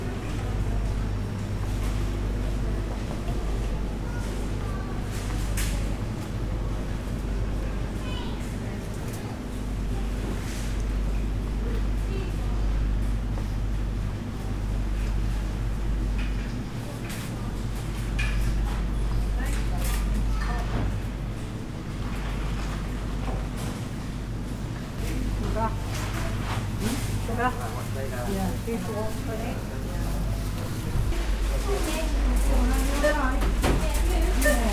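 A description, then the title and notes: Outdoor ambience in a town square, carried by a steady low rumble of engines and traffic. Scattered voices talk through it, with short knocks and clatters throughout. Near the end the hum shifts and the scene grows a little louder and busier. Bell Green, How Places Feel: Soundscape. Listen to Riley Square, recorded by audio consultant Gavin Griffiths as part of our Bell Green Library project: The Time of Our Lives.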